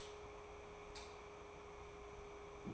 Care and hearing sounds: daily activity, microphone in the room; light on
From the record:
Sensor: 1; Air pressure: 1010.3 hPa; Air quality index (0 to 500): 171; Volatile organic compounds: 12 ppm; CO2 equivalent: 2355 ppm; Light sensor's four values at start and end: 54/141/58/74 and 57/151/62/78

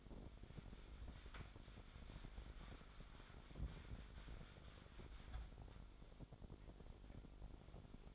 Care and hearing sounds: daily activity, microphone in the room; wipe stove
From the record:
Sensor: 5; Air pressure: 1007.1 hPa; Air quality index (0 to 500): 174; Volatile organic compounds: 4 ppm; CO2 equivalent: 1664 ppm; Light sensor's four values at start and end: 53/147/58/58 and 53/146/57/58

